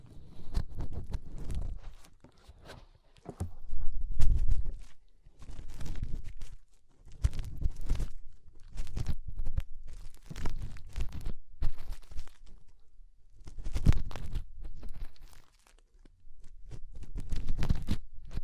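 Fingers rub and scrape inside the ear, making muffled, crunchy rustling that comes in bursts of one to two seconds with brief pauses between. The sound is mostly low and thumping, with sharp crackles and pops flicking through the brighter range at irregular moments.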